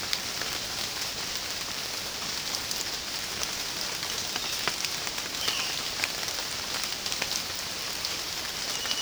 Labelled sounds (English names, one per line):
Violaceous Jay